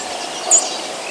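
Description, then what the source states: Chipping Sparrow: one very high, thin, brief note, over in a fraction of a second, set against a steady background hiss. Colorado.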